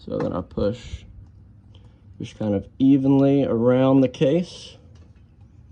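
Someone talks while pushing evenly around the side cover of a Honda 300 ATV engine crankcase to seat it over the dowels and gasket, with only faint handling noise between the words. Nothing has seated or clicked yet; the cover is not yet home when the clip ends.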